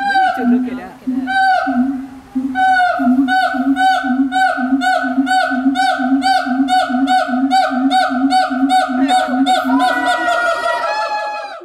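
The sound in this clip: Siamang song: a fast, even series of short, barking hoots repeated about twice a second, overlapped by a second caller toward the end.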